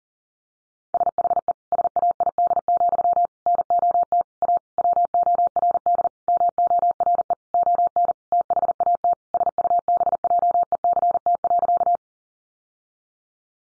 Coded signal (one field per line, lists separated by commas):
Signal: Morse code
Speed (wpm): 40 wpm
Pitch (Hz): 700 Hz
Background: none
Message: SHE SAID, NOT A WORD MORE ON THAT SUBJECT.